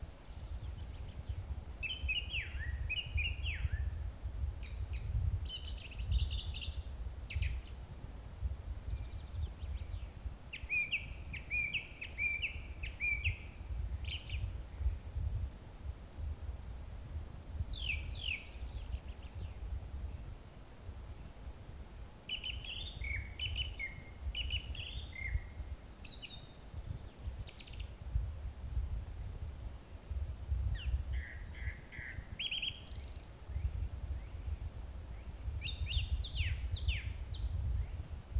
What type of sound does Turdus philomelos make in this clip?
song